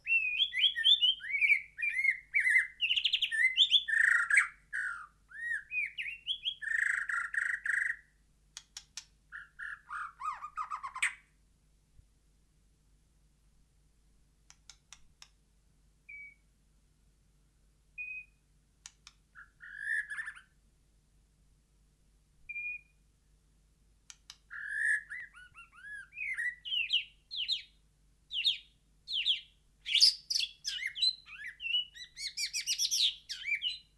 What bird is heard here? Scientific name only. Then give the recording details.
Copsychus malabaricus. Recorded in captivity. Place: Kaiserslautern, Rheinland-Pfalz, DE. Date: 1982-04-02. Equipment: Nagra IV. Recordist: Tretzel, Erwin. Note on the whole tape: Schamadrossel "Poldi", Garten, Kaiserslautern: Gesang